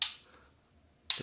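A tripod leg on a KetDirect lightweight travel tripod is bent around on its hinge, and the leg angle latch in the hinge clicks into its detent positions. Two loud, sharp clicks are heard at 0.0 s and 1.1 s, with a faint tick at about 0.3 s and quiet between. The latch seats precisely in its angle positions both times.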